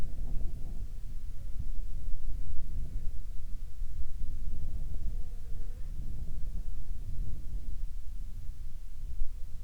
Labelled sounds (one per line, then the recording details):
wind
insects
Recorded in the Prudhoe Bay oil fields, Alaska, on 14 July 2019 at 02:25
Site 13